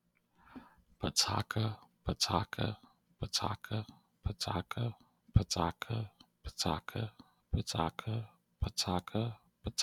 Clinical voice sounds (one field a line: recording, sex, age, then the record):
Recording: repeated syllables /pa ta ka/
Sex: male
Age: 30 to 39 years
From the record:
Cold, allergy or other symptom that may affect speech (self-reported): no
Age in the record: 33 years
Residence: Florida, United States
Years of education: 15